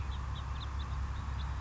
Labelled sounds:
House Finch (Haemorhous mexicanus)
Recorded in Sonoma County, California

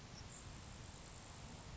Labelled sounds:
Grasshopper Sparrow (Ammodramus savannarum)
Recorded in Sonoma County, California

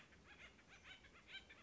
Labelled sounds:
Acorn Woodpecker (Melanerpes formicivorus)
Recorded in Sonoma County, California

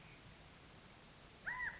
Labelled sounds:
California Quail (Callipepla californica)
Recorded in Sonoma County, California

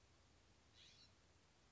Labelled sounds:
California Scrub-Jay (Aphelocoma californica)
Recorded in Sonoma County, California

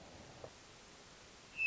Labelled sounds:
Hermit Thrush (Catharus guttatus)
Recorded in Sonoma County, California

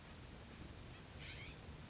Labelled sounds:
California Scrub-Jay (Aphelocoma californica)
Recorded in Sonoma County, California

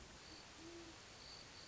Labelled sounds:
Great Horned Owl (Bubo virginianus)
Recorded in Sonoma County, California

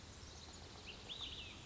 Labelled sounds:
Olive-sided Flycatcher (Contopus cooperi)
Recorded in Sonoma County, California

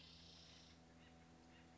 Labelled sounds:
Spotted Towhee (Pipilo maculatus)
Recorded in Sonoma County, California

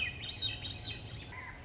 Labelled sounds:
Swainson's Thrush (Catharus ustulatus)
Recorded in Sonoma County, California

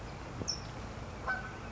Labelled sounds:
California Towhee (Melozone crissalis)
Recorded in Sonoma County, California

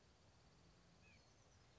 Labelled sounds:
White-breasted Nuthatch (Sitta carolinensis)
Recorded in Sonoma County, California

